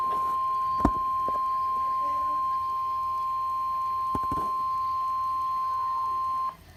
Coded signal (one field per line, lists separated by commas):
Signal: Emergency Alert System (SAME) tones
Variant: 1050 Hz attention tone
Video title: Tornado Warning (EAS) No. 16